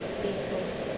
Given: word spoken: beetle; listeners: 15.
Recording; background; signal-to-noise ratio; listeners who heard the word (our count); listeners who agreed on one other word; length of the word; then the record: one English word in noise, from a listening test; speech-shaped noise; -4.3 dB; 1 of 15; 10 of 15; 0.58 s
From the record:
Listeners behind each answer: 10, 1, 1, 1, 1, 1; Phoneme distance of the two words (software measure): 20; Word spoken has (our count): 2 syllables, 4 phonemes, stress on syllable 1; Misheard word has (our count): 2 syllables, 4 phonemes, stress on syllable 1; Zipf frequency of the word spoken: 3.72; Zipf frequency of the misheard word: 6.35